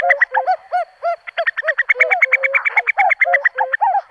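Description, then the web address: Common cuckoo calls: a dense, continuous stream of quick arched harmonic notes, rapidly repeated and overlapping without a break. "fugle stemmer"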